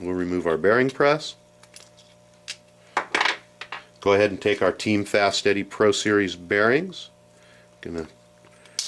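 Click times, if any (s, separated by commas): 8.8 s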